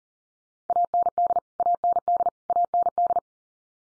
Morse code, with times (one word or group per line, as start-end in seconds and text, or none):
0.7-1.4 AND
1.6-2.3 AND
2.5-3.2 AND